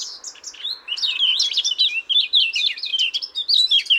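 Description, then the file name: Eurasian blackcap song, a fast rich warble of twisting, slurred notes running continuously for about four seconds with scratchy chatter mixed in. "Sylvia atricapilla"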